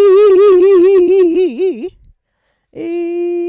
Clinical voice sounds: sustained vowel /i/; female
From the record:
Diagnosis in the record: Parkinson's disease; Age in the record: 78 years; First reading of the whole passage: 164 s, 3.2 characters per second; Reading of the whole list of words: 108 s, 2.6 characters per second

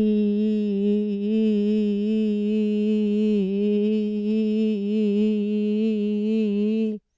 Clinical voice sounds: sustained vowel /i/; female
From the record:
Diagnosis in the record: Parkinson's disease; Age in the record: 80 years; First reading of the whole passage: 169 s, 3.1 characters per second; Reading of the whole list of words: 101 s, 2.8 characters per second

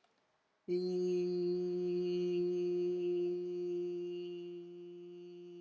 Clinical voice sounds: sustained vowel /i/; female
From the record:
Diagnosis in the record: healthy control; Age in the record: 69 years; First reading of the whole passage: 64 s, 7.9 characters per second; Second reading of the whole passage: 54 s, 9.5 characters per second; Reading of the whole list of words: 33 s, 8.4 characters per second

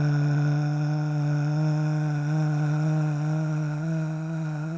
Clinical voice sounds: sustained vowel /a/; male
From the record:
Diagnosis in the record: Parkinson's disease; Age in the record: 65 years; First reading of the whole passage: 164 s, 3.2 characters per second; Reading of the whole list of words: 151 s, 1.9 characters per second

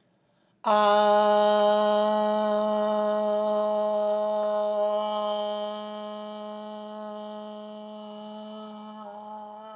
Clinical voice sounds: sustained vowel /a/; female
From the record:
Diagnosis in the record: healthy control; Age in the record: 69 years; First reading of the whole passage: 57 s, 9.1 characters per second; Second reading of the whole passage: 50 s, 10.4 characters per second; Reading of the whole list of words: 47 s, 6.0 characters per second

